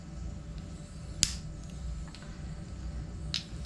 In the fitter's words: And then clicked in.